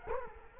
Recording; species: mosquito wingbeat signal from an infrared sensor; Culex quinquefasciatus